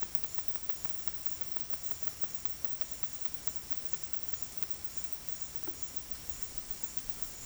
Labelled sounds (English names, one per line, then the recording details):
none
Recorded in dense forest near Puerto Asís, Putumayo, Colombia, on 20 February 2024 at 12:00
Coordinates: 0.487, -76.319
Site G6403